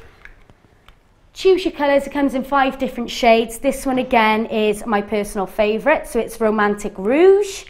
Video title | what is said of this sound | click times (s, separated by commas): e.l.f. Show Live on BC.TV | with an SPF of 15 with the satisfying click of quality | 0.2 s